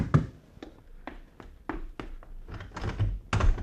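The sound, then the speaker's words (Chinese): A run of about a dozen dull, hollow knocks on a door in an uneven rhythm, growing heavier and more insistent toward the end, with no voices. “刘贵， 谁呀？ 开门啊！”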